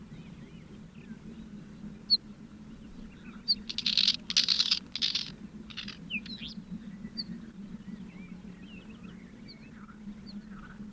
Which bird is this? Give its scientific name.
Oenanthe oenanthe